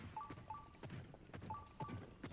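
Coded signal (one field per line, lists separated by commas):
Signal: none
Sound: video game sound effects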